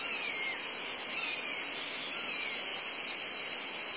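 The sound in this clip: Cicadas buzzing in a constant shrill drone.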